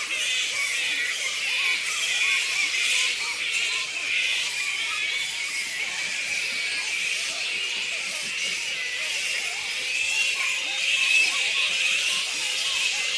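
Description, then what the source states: Black flying fox colony producing a constant high, hissing chatter of countless overlapping squeaks and chirps, with no clear pauses. Colony of black fruit bats (Pteropus alecto) squeaking.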